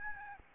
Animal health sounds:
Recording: mosquito wingbeat signal from an infrared sensor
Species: Aedes albopictus

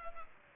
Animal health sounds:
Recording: mosquito wingbeat signal from an infrared sensor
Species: Culex pipiens

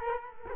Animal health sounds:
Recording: mosquito wingbeat signal from an infrared sensor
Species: Culex quinquefasciatus

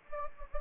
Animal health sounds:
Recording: mosquito wingbeat signal from an infrared sensor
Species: Anopheles gambiae

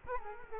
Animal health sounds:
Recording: mosquito wingbeat signal from an infrared sensor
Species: Culex quinquefasciatus

